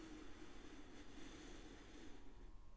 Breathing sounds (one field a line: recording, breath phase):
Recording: one breath near a microphone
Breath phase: inhalation